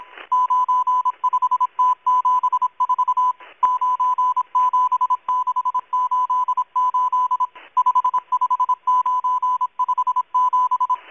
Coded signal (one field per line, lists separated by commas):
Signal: Morse code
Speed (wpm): 26 wpm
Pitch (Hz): 1000 Hz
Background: none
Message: 95T74 97688 55957